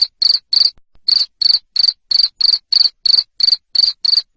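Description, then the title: Cricket producing loud, high trilled chirps in a regular beat near three per second, with a short break early on. Loud cricket chirping used to stimulate lovebirds to keep singing. "Suara JANGKRIK NGERIK Keras Bikin LOVEBIRD Jadi NGEKEK Terus Vubey"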